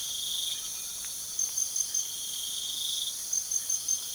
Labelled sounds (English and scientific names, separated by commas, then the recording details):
none
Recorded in pastures near Puerto Asís, Putumayo, Colombia, on 12 March 2025 at 02:00
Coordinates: 0.497, -76.327
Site G072